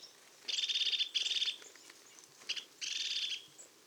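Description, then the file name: Marsh tit buzzy calls: three harsh, nasal bursts of rapid notes, each under a second, with a shorter burst between the last two. "Poecile palustris"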